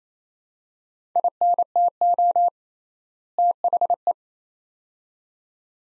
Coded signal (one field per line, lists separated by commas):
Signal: Morse code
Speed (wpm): 27 wpm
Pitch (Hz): 700 Hz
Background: none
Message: INTO THE